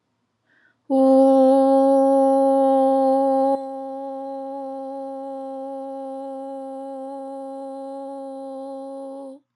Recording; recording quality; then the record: sustained vowel as in boot; excellent, no background noise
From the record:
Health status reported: healthy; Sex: female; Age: 28 years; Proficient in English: yes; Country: United States